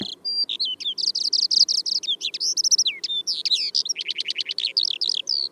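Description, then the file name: Eurasian skylark song: a fast, continuous stream of high twittering notes, chirps, trills and short buzzy phrases. "Feldlerche"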